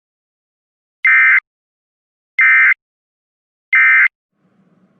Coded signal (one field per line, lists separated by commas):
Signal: Emergency Alert System (SAME) tones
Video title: EAS Scenario WWIII/ Contaminated Water